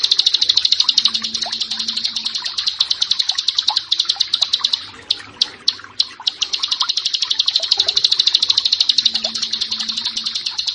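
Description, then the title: Bar-winged prinia song: a very fast buzzy trill of high notes, pausing midway for scattered sharp chips, then resuming strongly. "Ciblek Sawah"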